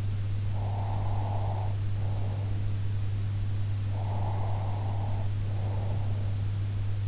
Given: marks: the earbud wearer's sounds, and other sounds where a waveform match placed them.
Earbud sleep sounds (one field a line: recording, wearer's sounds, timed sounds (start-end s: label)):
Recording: sounds in sleep by an in-ear microphone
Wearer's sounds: breath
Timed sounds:
0.44-2.73 s: breath
3.81-6.36 s: breath